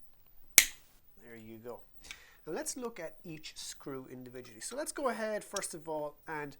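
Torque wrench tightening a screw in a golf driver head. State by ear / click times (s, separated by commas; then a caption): torque reached / 0.6 s. A torque wrench is turned clockwise on a screw in the metal head of a TaylorMade M1 driver until it gives one sharp click at 0.6 s, the sign that the screw is secured and kept from over-tightening. After the click, someone talks.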